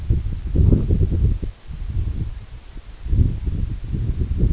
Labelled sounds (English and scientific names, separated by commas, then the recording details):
none
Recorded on Arctic tundra, site EABA-1, on 24 June 2018
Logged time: 10:00